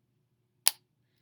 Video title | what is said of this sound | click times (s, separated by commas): Adding Color with Markers, part 1 | you can close up your marker you want to make sure you hear a click | 0.7 s